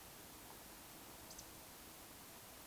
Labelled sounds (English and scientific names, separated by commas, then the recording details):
Eurasian Woodcock (Scolopax rusticola) whistle
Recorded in Baden-Württemberg, Germany, on 26 May 2020 at 20:11 UTC
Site 45304, 487 m above sea level